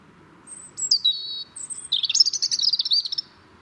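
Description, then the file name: European robin song: a thin high note, then clear whistled notes at differing pitches followed by a rapid twittering trill lasting over a second. "Erithacus rubecula"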